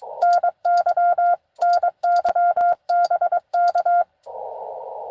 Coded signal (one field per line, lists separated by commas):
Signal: Morse code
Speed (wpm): 22 wpm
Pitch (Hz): 700 Hz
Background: none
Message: NY NY BK